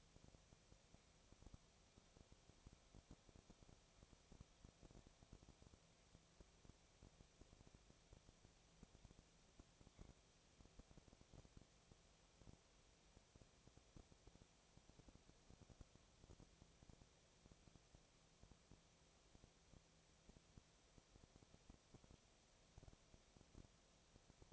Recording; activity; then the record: daily activity, microphone in the room; no activity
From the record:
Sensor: 1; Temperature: 19.6 degrees Celsius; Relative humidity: 36.4%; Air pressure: 997.0 hPa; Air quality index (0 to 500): 204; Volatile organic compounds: 129 ppm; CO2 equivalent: 3923 ppm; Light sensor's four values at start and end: 1/2/1/1 and 1/2/1/1